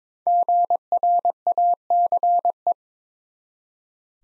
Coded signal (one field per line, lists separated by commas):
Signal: Morse code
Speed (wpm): 22 wpm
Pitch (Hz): 700 Hz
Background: none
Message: GRACE